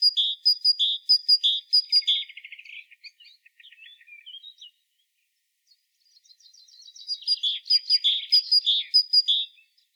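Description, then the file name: Great tit call: quick alternating high and lower notes, a softer buzzy chattering trill, a pause, then the alternating notes return with more chattering. "Parus major"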